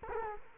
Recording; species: mosquito wingbeat signal from an infrared sensor; Culex quinquefasciatus